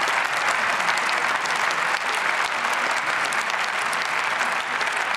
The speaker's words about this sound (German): Und meine Damen und Herren, wenn Sie von dieser Stelle aus sehen, wer jetzt klatscht und wer jetzt nicht klatscht, dann weiß ich, welche Reden wir im Verlaufe des heutigen Vormittags hier noch zu hören bekommen, von ganz links und von ganz rechts